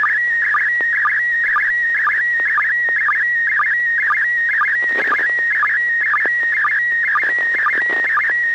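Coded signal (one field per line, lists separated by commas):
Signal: SSTV (slow-scan television)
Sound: steady high whistle broken twice a second by short warbling chirps and low sync blips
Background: radio hiss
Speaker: have a good copy here we'll let Bob comment first n6 tgq okay well we have uh what looks like three apples on the top and an apple and a half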